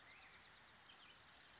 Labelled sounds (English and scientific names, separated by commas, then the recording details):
Black-headed Grosbeak (Pheucticus melanocephalus)
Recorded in Sonoma County, California